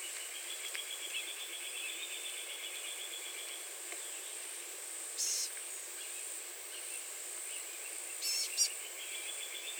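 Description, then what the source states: Blue-gray gnatcatcher calls: a thin, high nasal note, then a doubled note a few seconds later, with a pulsing insect trill at times and a steady hiss throughout. Recorded 30 April 2019.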